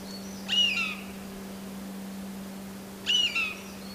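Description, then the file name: Eurasian jay, two harsh rasping calls about two and a half seconds apart, over a steady low hum and faint high chirping. "kakesu"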